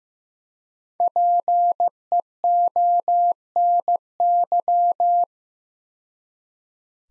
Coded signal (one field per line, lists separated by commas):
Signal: Morse code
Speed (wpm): 15 wpm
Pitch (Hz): 700 Hz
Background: none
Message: PEONY